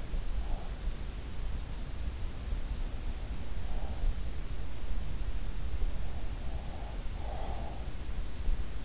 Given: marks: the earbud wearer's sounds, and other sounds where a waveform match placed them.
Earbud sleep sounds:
sounds in sleep by an in-ear microphone; breath
0.00-0.69 s: breath
3.47-4.11 s: breath
6.25-7.67 s: breath

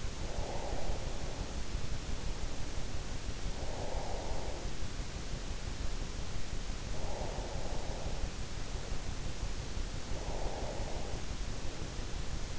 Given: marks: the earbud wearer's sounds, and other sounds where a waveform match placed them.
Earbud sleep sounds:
sounds in sleep by an in-ear microphone; breath
0.00-2.87 s: breath
3.43-6.16 s: breath
6.60-9.73 s: breath
9.77-12.58 s: breath

